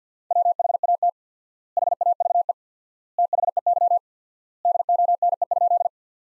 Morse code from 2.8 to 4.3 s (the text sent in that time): THEY